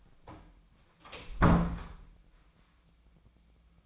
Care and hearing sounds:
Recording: daily activity, microphone in the room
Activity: close door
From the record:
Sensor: 1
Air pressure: 1009.3 hPa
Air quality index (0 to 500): 183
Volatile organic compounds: 4 ppm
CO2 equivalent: 1540 ppm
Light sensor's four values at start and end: 41/110/45/54 and 41/109/45/53

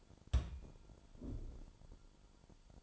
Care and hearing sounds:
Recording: daily activity, microphone in the room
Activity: place on stove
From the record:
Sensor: 5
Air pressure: 1008.2 hPa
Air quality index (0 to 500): 126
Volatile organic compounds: 1 ppm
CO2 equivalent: 967 ppm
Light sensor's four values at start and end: 27/60/25/24 and 27/61/25/25

